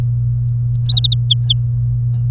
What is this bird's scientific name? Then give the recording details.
Serinus canaria. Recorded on 24 April 2018 at 13:20. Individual llb3